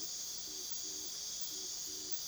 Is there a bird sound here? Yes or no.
no